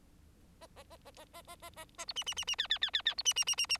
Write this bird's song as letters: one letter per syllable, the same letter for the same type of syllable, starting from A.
A A A A A A A A A A B C C C C D D D D D B C C C C C